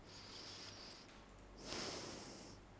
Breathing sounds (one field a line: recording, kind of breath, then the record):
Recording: one breath in and out by a microphone near the nose and mouth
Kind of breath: deep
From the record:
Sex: male